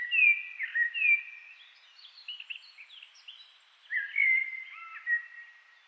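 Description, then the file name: Common blackbird song, mellow whistled notes opening each phrase, then thin scratchy twitters, two phrases heard with a brief gap between. "Turdus merula"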